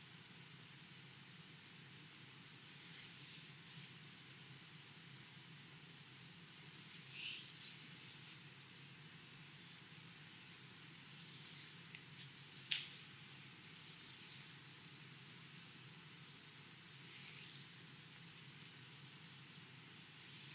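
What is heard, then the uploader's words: Hands rub and glide over oiled skin during a lomi lomi massage, a soft steady hiss with brief brighter swishes over a low hum. ASMR Hawaiian lomi lomi massage.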